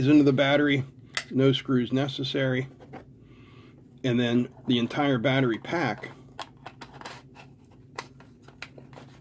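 Someone talks while handling the plastic battery pack for a Radtel RT-730 dual-band handheld amateur radio, getting ready to slide it onto the back of the radio body. Speech fills the first six seconds, followed by a few short, faint taps and ticks of handling. Nothing has seated or clicked yet.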